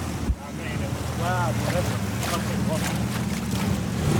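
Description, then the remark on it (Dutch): A boat's engine drones steadily as it moves across floodwater after a dam breach, with wind buffeting the microphone and a brief thump near the start, while faint voices and curved whistling tones come and go. “We varen terug om een veilige plek te zoeken.”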